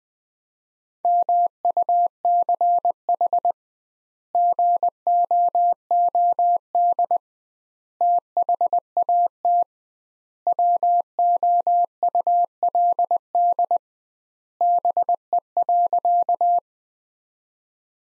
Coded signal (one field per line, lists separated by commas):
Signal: Morse code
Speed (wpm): 20 wpm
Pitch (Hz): 700 Hz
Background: none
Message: MUCH GOOD THAT WOULD BE.